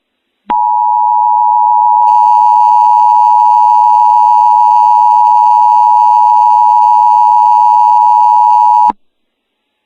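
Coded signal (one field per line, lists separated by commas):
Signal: Emergency Alert System (SAME) tones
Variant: 853 and 960 Hz attention tone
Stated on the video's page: Valid EAS tones in a fictional volcano scenario.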